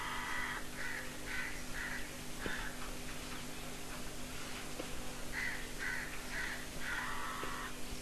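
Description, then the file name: Long-tailed shrike giving harsh, rasping notes in short bursts, a cluster at the start and another after a pause, over a constant low electrical hum and hiss. "Long-tailed Shrike kindlebag"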